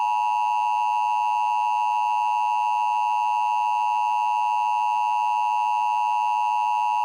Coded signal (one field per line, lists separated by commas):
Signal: Emergency Alert System (SAME) tones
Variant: 853 and 960 Hz attention tone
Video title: EAS Mock: Maryland RMT from 2012.